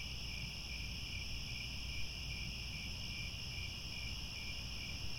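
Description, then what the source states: Cricket chorus as an unbroken high trilling drone in stacked bands, accompanied by steady low-frequency rumble. Cricket chorus recorded at twilight, as the sun sets.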